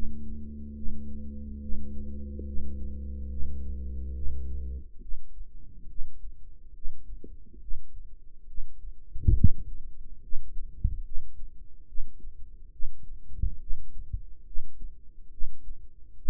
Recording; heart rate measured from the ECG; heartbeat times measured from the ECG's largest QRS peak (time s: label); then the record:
heart sounds by microphone in the right ear; 70 bpm
0.76 s: heartbeat
1.61 s: heartbeat
2.46 s: heartbeat
3.30 s: heartbeat
4.15 s: heartbeat
5.01 s: heartbeat
5.88 s: heartbeat
6.74 s: heartbeat
7.61 s: heartbeat
8.47 s: heartbeat
9.36 s: heartbeat
10.22 s: heartbeat
11.04 s: heartbeat
11.87 s: heartbeat
12.72 s: heartbeat
13.60 s: heartbeat
14.45 s: heartbeat
15.31 s: heartbeat
16.18 s: heartbeat
From the record:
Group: healthy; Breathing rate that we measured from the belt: 15 breaths a minute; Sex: male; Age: 55 years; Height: 167 cm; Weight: 57.2 kg